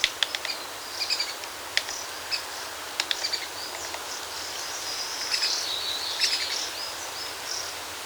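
Bird song of thin, high warbling phrases with scattered sharp clicks over a steady background hiss.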